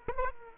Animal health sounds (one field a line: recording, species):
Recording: mosquito wingbeat signal from an infrared sensor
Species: Aedes aegypti